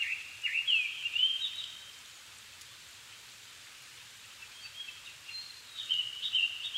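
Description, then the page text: Japanese thrush song: a fluty whistled phrase with swooping notes, quiet gap, then another phrase starting, amid constant hiss. Recorded 7 May 2011 at 17:59 in the evening, at 270 m altitude, with a Sony PCM-D50 and Panasonic WM-61A mic, in Japan. "kurotugumi 20110507-1759. Turdus cardis [Sounds -Nikko Today-]"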